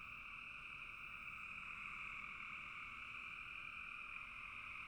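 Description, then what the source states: Many frogs calling together in a steady, high, buzzing chorus that never pauses. Frogs in a bog.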